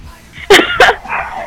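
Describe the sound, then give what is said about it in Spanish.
Two sharp, loud dog barks in quick succession, each a harsh burst, followed by a softer, lingering noise as the barking trails off. “en lo que dejan de ladrar por acá.”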